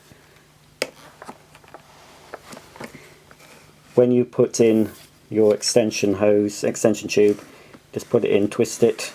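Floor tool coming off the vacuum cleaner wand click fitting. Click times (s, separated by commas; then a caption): 0.8 s. A floor tool is taken off the click fitting of a Miele S8 vacuum cleaner wand, releasing with a sharp click at 0.8 s. Softer knocks from handling the tube and tool follow at about 1.2, 1.7, 2.3, 2.8 and 3.3 s. From about 4 s someone talks.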